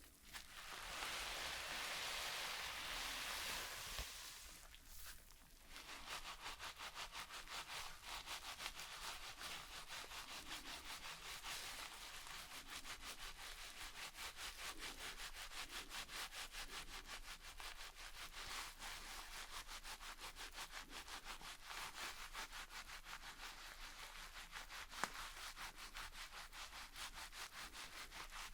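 Hair is shampooed and brushed. For the first five seconds a dense, steady hiss dominates, then it gives way to quick, closely packed scratchy strokes of the brush that continue evenly to the end, with one sharp click near 25 seconds.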